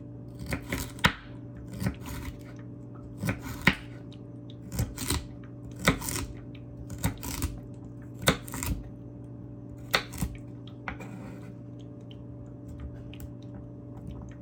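Carrots are chopped on a board with sharp, crisp knife strikes, often in quick pairs or small bursts roughly every second until about ten seconds, then sparser and softer. A steady low hum runs underneath throughout, as in a small kitchen.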